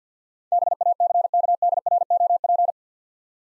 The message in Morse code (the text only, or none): BACKDROP